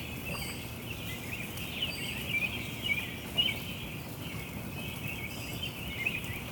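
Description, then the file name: Birds give scattered thin high chirps within a continuous twittering chorus, with a low steady background rumble and hiss. Chestertown, Maryland, June 5 2017. "Birds Chirping Chstertown MD June 5 2017"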